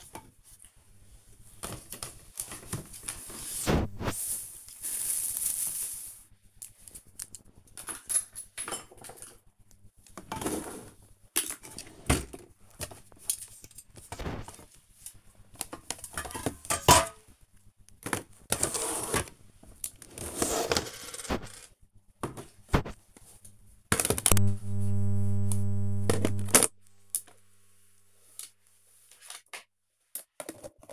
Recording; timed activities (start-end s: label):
household activities, microphone on the right wrist
0.00-30.93 s: tidy up the cupboard